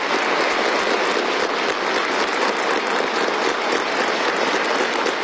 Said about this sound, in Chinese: 当习近平走进会场时，全场响起热烈掌声。